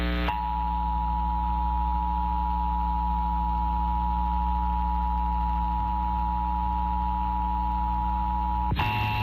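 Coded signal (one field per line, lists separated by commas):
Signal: Emergency Alert System (SAME) tones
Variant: 853 and 960 Hz attention tone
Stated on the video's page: Assorted recorded EAS broadcast tests, including required monthly tests from Texas, with uneven audio levels; some station test audio was excessively overmodulated.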